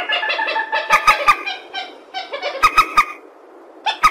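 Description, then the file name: Purple swamphen making loud, nasal, reedy calls in short bursts, mixed with a few sharp clicking notes and pauses between bursts. "tieng trich re keu"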